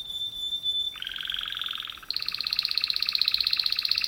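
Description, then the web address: Canary song: a thin steady whistle, then a buzzy rolling trill, then a faster, higher rattling trill held to the end. "kenar businka canto kenar"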